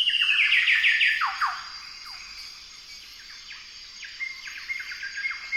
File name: Golden whistler bird singing